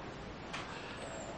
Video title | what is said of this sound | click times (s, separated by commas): Cubieboard 4 (CC-A80) Development Kit Assembly | like this and you lock into place | 0.5 s